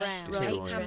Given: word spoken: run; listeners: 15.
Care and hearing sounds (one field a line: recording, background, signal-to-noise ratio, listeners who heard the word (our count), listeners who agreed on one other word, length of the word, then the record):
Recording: one English word in noise, from a listening test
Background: four-talker babble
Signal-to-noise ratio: -2.3 dB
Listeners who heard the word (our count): 0 of 15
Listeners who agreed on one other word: 6 of 15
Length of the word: 0.47 s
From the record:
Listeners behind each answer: 6, 3, 2, 1, 1, 1, 1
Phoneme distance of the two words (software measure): 31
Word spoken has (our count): 1 syllable, 3 phonemes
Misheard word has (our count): 2 syllables, 6 phonemes, stress on syllable 1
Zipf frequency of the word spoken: 5.49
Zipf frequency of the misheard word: 3.61